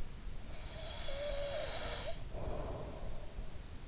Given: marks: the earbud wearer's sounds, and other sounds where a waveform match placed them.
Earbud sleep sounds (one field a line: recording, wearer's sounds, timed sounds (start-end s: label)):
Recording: sounds in sleep by an in-ear microphone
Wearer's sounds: breath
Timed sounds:
0.35-3.55 s: breath